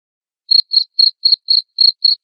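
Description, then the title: Cricket giving seven shrill pulsed chirps after a short silence, evenly spaced at roughly four per second. Loud cricket chirping played to make lovebirds sing continuously. "Suara JANGKRIK NGERIK Keras Bikin LOVEBIRD Jadi NGEKEK Terus Vubey"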